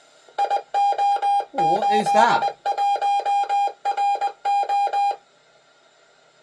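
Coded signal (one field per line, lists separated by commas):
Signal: Morse code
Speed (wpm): 20 wpm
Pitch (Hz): 810 Hz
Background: speech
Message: IO81RO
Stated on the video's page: Live VHF/UHF amateur contacts.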